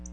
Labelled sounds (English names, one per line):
Black-throated Blue Warbler flight call